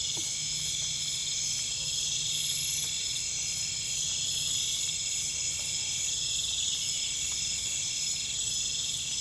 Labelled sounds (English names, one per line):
none